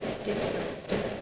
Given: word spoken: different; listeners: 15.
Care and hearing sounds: one English word in noise, from a listening test; noise modulated by three-talker babble; -6.7 dB; 3 of 15; 8 of 15; 0.81 s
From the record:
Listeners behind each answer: 8, 3, 2, 2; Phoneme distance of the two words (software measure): 27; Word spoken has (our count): 2 syllables, 7 phonemes, stress on syllable 1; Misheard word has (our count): 3 syllables, 8 phonemes, stress on syllable 1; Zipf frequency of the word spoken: 5.66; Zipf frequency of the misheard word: 5.40

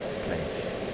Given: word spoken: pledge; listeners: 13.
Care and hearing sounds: one English word in noise, from a listening test; speech-shaped noise; -4.9 dB; 2 of 13; 7 of 13; 0.54 s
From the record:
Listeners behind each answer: 7, 2, 1, 1, 1, 1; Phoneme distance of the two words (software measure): 20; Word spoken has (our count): 1 syllable, 4 phonemes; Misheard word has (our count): 1 syllable, 4 phonemes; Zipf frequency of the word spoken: 3.92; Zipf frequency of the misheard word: 5.78

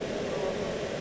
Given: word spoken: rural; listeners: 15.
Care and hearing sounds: one English word in noise, from a listening test; speech-shaped noise; -6.2 dB; 0 of 15; 7 of 15; 0.61 s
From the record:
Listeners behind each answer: 7, 1, 1, 1, 1, 1, 1, 1, 1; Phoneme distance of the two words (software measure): 37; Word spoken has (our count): 2 syllables, 5 phonemes, stress on syllable 1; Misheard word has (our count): 2 syllables, 4 phonemes, stress on syllable 1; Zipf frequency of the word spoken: 4.54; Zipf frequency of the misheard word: 4.91

